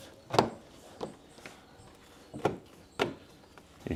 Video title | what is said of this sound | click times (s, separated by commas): First 24 Hours with Hood Solar on My Jeep (Power Test Results)! | You hear it chunking in? I don't know if you guys can hear that, but each one is locking in place. | 0.4 s, 2.5 s, 3.0 s